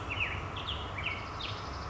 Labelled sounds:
Black-headed Grosbeak
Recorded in Sonoma County, California

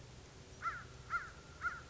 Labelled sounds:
American Crow
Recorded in Sonoma County, California

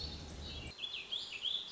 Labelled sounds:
Warbling Vireo
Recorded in Sonoma County, California

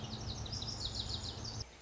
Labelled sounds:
Lazuli Bunting
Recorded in Sonoma County, California

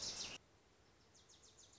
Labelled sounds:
Wilson's Warbler
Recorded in Sonoma County, California

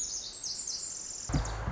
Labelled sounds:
Pacific Wren
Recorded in Sonoma County, California

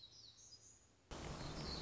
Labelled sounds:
Black-throated Gray Warbler
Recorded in Sonoma County, California

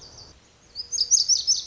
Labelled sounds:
Lazuli Bunting
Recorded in Sonoma County, California

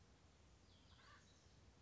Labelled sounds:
Acorn Woodpecker
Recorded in Sonoma County, California

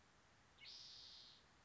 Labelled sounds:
Spotted Towhee
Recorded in Sonoma County, California

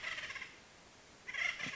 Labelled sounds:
Acorn Woodpecker
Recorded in Sonoma County, California

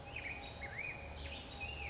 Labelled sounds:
Black-headed Grosbeak
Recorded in Sonoma County, California

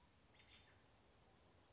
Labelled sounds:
American Robin
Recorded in Sonoma County, California

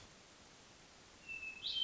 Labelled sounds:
Hermit Thrush
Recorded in Sonoma County, California

